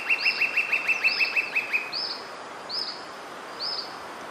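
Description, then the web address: Rough-legged tyrannulet calls: a quick run of about ten short, sharp downslurred notes, then high arched whistled notes spaced about a second apart over steady background hiss. "Rough legged tyrannulet. صدای-پرنده-ژیانمرغک-پازبر"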